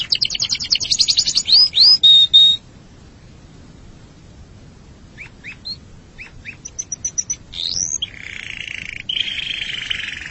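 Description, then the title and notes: Canary delivering a fast trill and loud downslurred notes, then quiet, soft chirps, a rising whistle and a buzzy roll. "Suara Burung Kenari"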